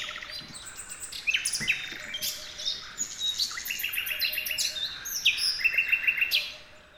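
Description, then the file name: Common nightingale song, dense and varied, with chattering trills, sharp whistles and fast repeated notes building through the second half. "Luscinia megarhynchos"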